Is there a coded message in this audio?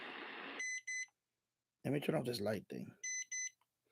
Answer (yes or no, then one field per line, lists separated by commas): no